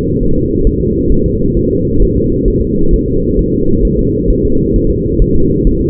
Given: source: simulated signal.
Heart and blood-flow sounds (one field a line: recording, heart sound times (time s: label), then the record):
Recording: fetal heart sounds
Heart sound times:
0.23 s: S1
0.38 s: S2
0.67 s: S1
0.81 s: S2
1.12 s: S1
1.26 s: S2
1.57 s: S1
1.71 s: S2
2.02 s: S1
2.17 s: S2
2.48 s: S1
2.62 s: S2
2.94 s: S1
3.08 s: S2
3.39 s: S1
3.53 s: S2
3.85 s: S1
3.99 s: S2
4.31 s: S1
4.45 s: S2
4.76 s: S1
4.90 s: S2
5.22 s: S1
5.36 s: S2
5.67 s: S1
5.81 s: S2
From the record:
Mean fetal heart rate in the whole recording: 135 bpm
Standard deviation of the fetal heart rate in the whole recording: 3 bpm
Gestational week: 36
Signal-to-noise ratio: -16.4 dB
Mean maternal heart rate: 72 bpm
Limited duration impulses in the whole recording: present